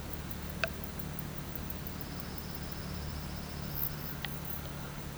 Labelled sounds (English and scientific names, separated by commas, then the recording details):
none
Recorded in pastures near Puerto Asís, Putumayo, Colombia, on 24 March 2025 at 10:30
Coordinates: 0.472, -76.329
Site G074